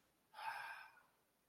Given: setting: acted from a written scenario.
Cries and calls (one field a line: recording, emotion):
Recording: vocal sound without words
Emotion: ecstasy